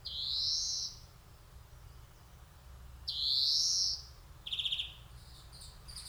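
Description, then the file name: European greenfinch giving two long rising wheezy buzzes about three seconds apart, followed by a short stuttering rattle and faint twitters. "Chloris chloris"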